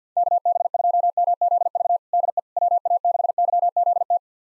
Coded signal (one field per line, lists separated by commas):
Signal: Morse code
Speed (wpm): 50 wpm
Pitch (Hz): 700 Hz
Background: none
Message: KB2MZV DE WA6YZT